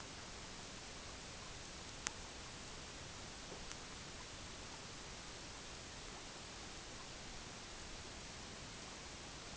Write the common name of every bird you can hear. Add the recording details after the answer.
none. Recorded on Arctic tundra, site EABA-MC, on 22 June 2019. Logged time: 18:00